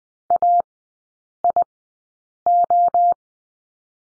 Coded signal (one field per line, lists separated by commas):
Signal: Morse code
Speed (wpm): 20 wpm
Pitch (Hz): 700 Hz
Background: none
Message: AIO